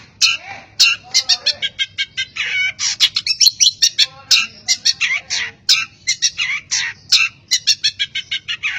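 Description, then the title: Long-tailed shrike song: a dense, energetic stream of harsh, grating notes and varied chirps delivered in quick succession with barely a pause. "Cendet"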